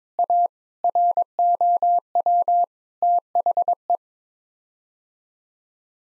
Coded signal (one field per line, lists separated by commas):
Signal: Morse code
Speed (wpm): 22 wpm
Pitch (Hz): 700 Hz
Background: none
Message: A ROW THE